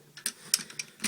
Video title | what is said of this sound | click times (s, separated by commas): Review: Buster Machine CB-01 DX Go-Buster Ace (Tokumei Sentai Go-Busters) | then from here we're just going to split these right down the middle there's some pegs here they will lock | 0.3 s, 0.5 s